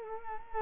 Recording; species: mosquito wingbeat signal from an infrared sensor; Culex quinquefasciatus